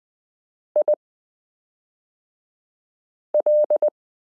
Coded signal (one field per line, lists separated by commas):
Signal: Morse code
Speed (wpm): 20 wpm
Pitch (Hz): 600 Hz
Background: none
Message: IL